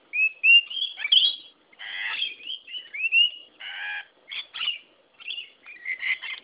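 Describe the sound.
Lorikeet calls, a run of harsh screeches and shrill rising whistled notes in quick irregular bursts, some broad and grating, others thin and sliding upward.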